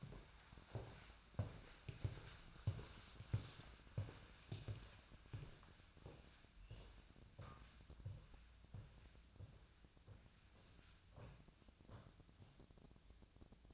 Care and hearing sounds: daily activity, microphone in the room; walk to room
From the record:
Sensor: 2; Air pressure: 1009.9 hPa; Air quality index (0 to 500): 176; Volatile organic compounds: 10 ppm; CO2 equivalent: 2205 ppm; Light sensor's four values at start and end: 35/86/37/41 and 35/88/38/42

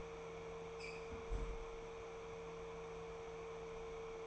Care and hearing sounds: daily activity, microphone in the room; close fridge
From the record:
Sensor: 1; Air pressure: 1014.9 hPa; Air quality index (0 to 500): 192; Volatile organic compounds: 21 ppm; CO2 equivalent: 2727 ppm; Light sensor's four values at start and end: 16/41/17/20 and 24/61/26/30

